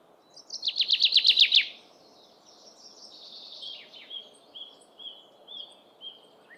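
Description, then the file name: Common chaffinch song, a fast rattling trill of repeated notes, followed by fainter descending notes and a run of short, thin high notes repeated about twice a second. "Fringilla coelebs"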